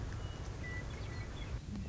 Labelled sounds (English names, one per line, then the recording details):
Western Meadowlark
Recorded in Sonoma County, California